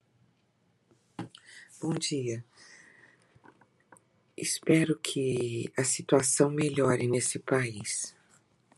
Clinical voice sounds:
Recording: spoken sentence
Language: Brazilian Portuguese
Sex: female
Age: 60 to 69 years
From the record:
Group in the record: control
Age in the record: 66 years

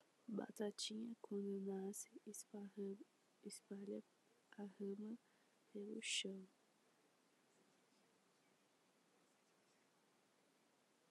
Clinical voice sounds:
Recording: short text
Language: Brazilian Portuguese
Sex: female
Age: 20 to 29 years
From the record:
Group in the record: control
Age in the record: 25 years

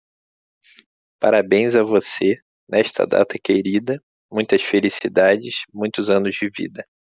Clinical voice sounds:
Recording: short text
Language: Brazilian Portuguese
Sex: male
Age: 30 to 39 years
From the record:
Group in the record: control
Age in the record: 32 years

